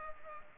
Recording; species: mosquito wingbeat signal from an infrared sensor; Culex pipiens